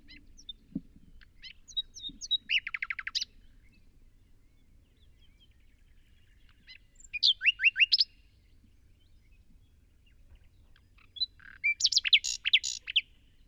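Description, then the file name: Common nightingale song: three loud phrases of rapid repeated notes and fast sweeping trills, separated by pauses of several seconds, with quiet low background hum. "Luscinia megarhynchos"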